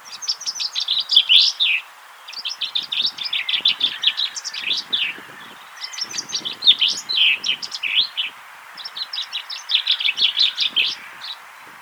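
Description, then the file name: Common chaffinch repeating its song several times, each a rapid series of high notes. "Fringilla coelebs"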